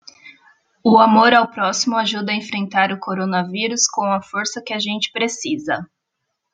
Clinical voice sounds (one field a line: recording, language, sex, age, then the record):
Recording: spoken sentence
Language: Brazilian Portuguese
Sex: female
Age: 30 to 39 years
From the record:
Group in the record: control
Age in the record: 38 years